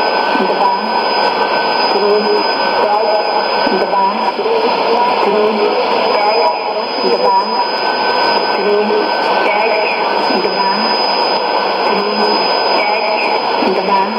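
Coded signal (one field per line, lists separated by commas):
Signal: numbers station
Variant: S06s, Russian female voice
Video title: 10 10 2017 Numbers station S06s Russian Lady in Russian to Eu 0800 on 11635 unknown tx site in CUSB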